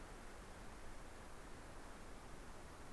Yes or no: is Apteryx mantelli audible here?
no